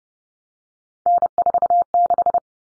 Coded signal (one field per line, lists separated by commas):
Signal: Morse code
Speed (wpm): 30 wpm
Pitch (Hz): 700 Hz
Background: none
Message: N46